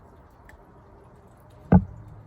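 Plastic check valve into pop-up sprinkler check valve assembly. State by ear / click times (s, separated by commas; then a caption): seated / 1.7 s. A small plastic check valve is pressed back into the check valve seat of a pop-up sprinkler. After a faint tick at 0.5 s, a single sharp, low-pitched snap is heard at 1.7 s, then a short fading tail. The check valve pops into place and is seated.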